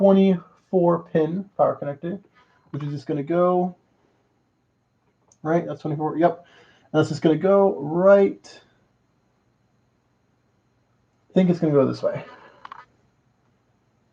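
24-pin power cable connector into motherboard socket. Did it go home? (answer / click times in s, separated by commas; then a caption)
no / none. Someone talks while turning a 24-pin ATX power cable connector and lining it up with the motherboard socket to find the right orientation before pushing it home. Two faint, brief clicks come near 12.7 seconds, but the connector has not seated or clicked into the socket yet.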